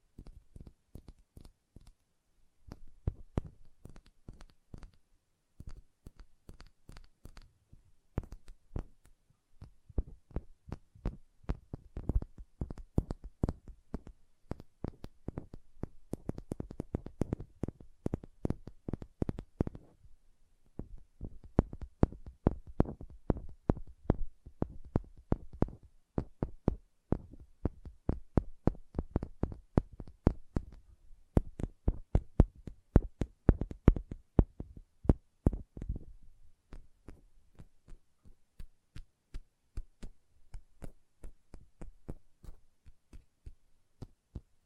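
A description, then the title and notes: Nail tapping and hand sounds: quick, irregular clicks and soft thumps, sparse and quiet for the first fifteen seconds, then coming in dense, rapid flurries until about 37 seconds before thinning out again. Each tap is short and crisp over a silent background. ASMR Hand Sounds, Nail Tapping and Lotion Sounds.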